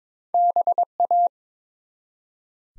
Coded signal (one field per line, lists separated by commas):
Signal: Morse code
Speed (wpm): 22 wpm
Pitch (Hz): 700 Hz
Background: none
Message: BA